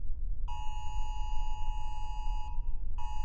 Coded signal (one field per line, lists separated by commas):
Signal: Emergency Alert System (SAME) tones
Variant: 853 and 960 Hz attention tone